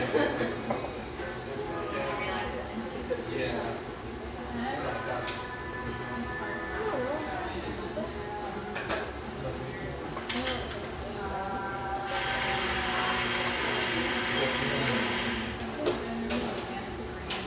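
Lively coffeeshop ambience with a steady murmur of overlapping voices and conversation throughout. Occasional clinks and short clatters punctuate the chatter, and from about twelve seconds a brighter hiss joins in, like running water or a steaming machine.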